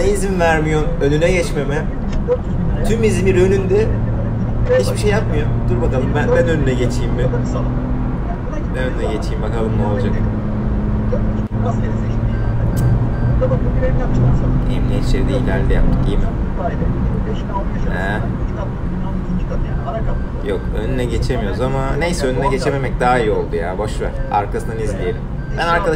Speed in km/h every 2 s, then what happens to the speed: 116, 116, 119, 123, 121, 121, 125, 128, 124, 113, 99, 88, 84.
0-15 speeds up to 128. 15-26 brakes to 84.